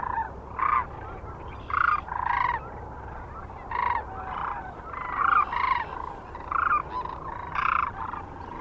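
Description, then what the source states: Sandhill Crane calls, a flock giving rolling, rattling bugles in repeated overlapping bursts. Recorded 9 March 2004 near Kearney, Nebraska, together with other sounds.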